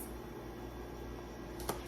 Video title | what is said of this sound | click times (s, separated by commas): Beginner Friendly Pressure Canning Carnitas & Pulled BBQ -- EMERGENCY FOOD STORAGE | We put the lid on, lock into place. | 1.7 s